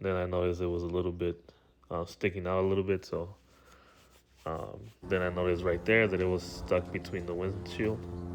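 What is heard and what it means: Someone talks while handling plastic window weather trim molding on the door window frame of a 2001-2007 first-gen Toyota Sequoia / Tundra CrewMax; the molding is sticking out a little because it is caught between the windshield and the front window seal. It is being worked along the windshield edge to push it home, but nothing has seated or clicked yet.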